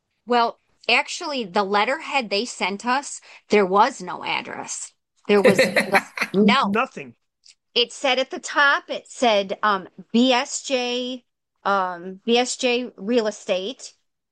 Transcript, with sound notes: Well, actually the letterhead they sent us, there was no address. There was-
(laughs)
... no.
Nothing.
It said, at the top it said, um, BSJ, um, BSJ Real Estate,